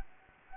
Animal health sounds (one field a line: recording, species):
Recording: mosquito wingbeat signal from an infrared sensor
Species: Anopheles gambiae